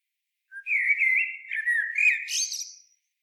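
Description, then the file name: Common blackbird song phrase, a mellow whistled warble that ends in a high scratchy twitter. "Turdus merula"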